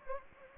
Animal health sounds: mosquito wingbeat signal from an infrared sensor; Anopheles gambiae

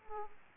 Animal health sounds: mosquito wingbeat signal from an infrared sensor; Aedes aegypti

